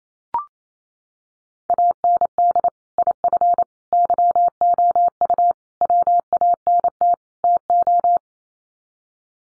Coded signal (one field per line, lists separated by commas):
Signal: Morse code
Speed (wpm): 28 wpm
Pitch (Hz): 700 Hz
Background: none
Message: AND IF YOU WANT TO